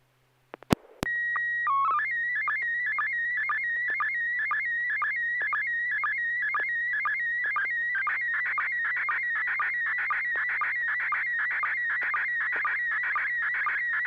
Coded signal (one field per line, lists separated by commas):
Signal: SSTV (slow-scan television)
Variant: PD 120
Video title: N6NA SSTV Net - 07/30/2025